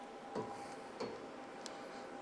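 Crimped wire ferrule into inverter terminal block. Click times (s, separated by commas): 1.7 s, 2.2 s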